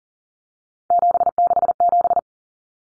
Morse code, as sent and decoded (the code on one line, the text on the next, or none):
--... -.... --...
767